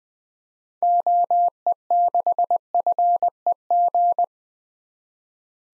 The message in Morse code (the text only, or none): OE6FEG